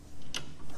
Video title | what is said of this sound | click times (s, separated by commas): Optoma BX-CTA16 - How to install the Optoma BX-CTA16 UST lens | once it is flush with the bore sight rotate clockwise you should hear an audible click alright | 0.4 s